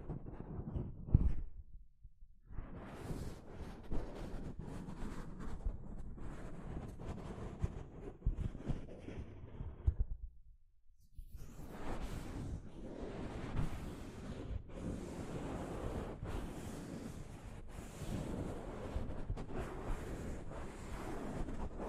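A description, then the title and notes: Soft fabric brushes over a microphone in continuous rushing, rumbling strokes, with two brief pauses near 2 and 11 seconds. ASMR Mic Brushing using Soft Fabric (No Talking).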